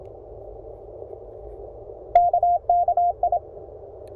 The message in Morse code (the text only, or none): KKI